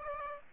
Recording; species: mosquito wingbeat signal from an infrared sensor; Aedes aegypti